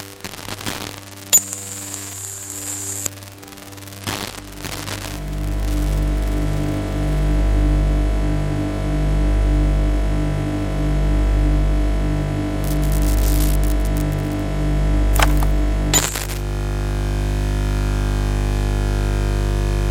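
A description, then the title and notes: A deep electrical hum from a high-voltage transformer station, low and steady, swelling and strengthening after about four seconds into a dense, pulsing drone. Sharp crackles and hissing bursts cut through near 1, 12–13 and 15–16 seconds. High Voltage Electricity Sound Effects. High-voltage transformer station ambiences and a multitude of startling noises.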